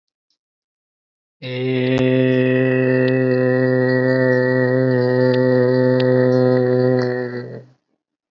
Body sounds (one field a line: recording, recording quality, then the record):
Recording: sustained vowel as in made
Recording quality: excellent, no background noise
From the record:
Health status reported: healthy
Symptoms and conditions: none ticked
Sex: male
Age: 29 years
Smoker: not ticked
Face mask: not worn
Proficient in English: no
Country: India